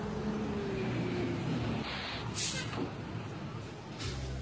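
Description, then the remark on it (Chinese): A route 5 city bus rolls in to the stop with a low, droning engine rumble and a steady hum that cuts off, followed by a sharp hiss of air brakes before the engine settles into an idle. “五路公交车马上就要进站了，请大家自觉排好队。”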